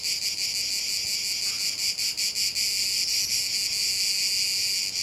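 Cicadas giving a dense, high buzzing drone with somewhat uneven pulsing, a few brief dips in loudness breaking the steady throb.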